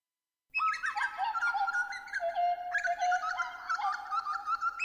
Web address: nagorcka. Grey Butcherbird